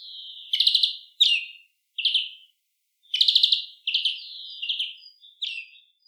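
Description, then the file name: European greenfinch calls: short rapid trilled bursts mixed with quick downslurred chirps, several in quick succession with brief pauses between groups. "Chloris chloris"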